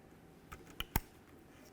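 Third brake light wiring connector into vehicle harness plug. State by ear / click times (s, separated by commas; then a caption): seated / 0.8 s, 1.0 s. The electrical connector of a high-mount third brake light housing on a 2006-2010 Ford Explorer is plugged into the vehicle's wiring harness connector. After a faint tick near 0.5 s, two sharp clicks come at 0.8 s and 1.0 s. The connector is seated, and a tug test confirms it is secure.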